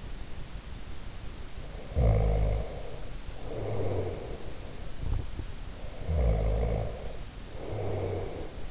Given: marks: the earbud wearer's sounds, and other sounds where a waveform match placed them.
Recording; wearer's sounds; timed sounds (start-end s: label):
sounds in sleep by an in-ear microphone; snoring breath
1.80-4.57 s: snoring breath
6.00-8.71 s: snoring breath